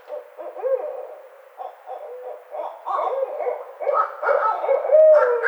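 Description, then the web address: Barred owl calls: a run of overlapping hoots and gurgling cackles that grows busier and louder, ending in a strong wavering hoot. Recorded on 29 May 2009. "sounds birds Barred Owl 2009 05 29 Barred Owl"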